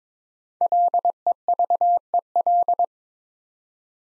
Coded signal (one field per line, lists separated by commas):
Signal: Morse code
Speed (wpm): 22 wpm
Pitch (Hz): 700 Hz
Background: none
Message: LEVEL